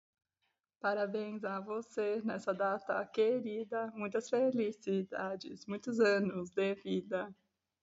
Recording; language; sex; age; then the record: short text; Brazilian Portuguese; female; 20 to 29 years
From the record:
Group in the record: control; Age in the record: 29 years